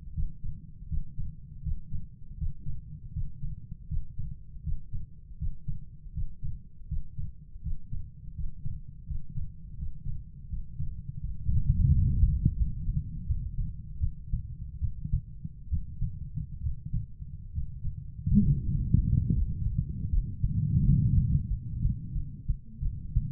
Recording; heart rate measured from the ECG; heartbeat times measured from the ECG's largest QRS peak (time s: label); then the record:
heart sounds by stethoscope; 79 bpm
0.13 s: heartbeat
0.87 s: heartbeat
1.61 s: heartbeat
2.36 s: heartbeat
3.12 s: heartbeat
3.87 s: heartbeat
4.62 s: heartbeat
5.37 s: heartbeat
6.12 s: heartbeat
6.87 s: heartbeat
7.61 s: heartbeat
8.34 s: heartbeat
9.05 s: heartbeat
9.76 s: heartbeat
10.48 s: heartbeat
11.19 s: heartbeat
11.89 s: heartbeat
12.54 s: heartbeat
13.25 s: heartbeat
13.97 s: heartbeat
14.78 s: heartbeat
15.67 s: heartbeat
16.59 s: heartbeat
17.51 s: heartbeat
18.41 s: heartbeat
19.32 s: heartbeat
20.08 s: heartbeat
20.80 s: heartbeat
21.47 s: heartbeat
22.12 s: heartbeat
22.79 s: heartbeat
From the record:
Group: healthy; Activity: Valsalva maneuver 0-20 s, rest 20-23 s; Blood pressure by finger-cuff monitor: 135/84 mmHg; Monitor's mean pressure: 100 mmHg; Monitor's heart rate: 81 bpm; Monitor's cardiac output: 5.3 L/min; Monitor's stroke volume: 66 mL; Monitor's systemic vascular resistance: 1320 dyn s/cm5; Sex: female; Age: 43 years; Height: 160 cm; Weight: 90 kg